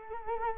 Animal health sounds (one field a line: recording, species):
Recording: mosquito wingbeat signal from an infrared sensor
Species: Culex quinquefasciatus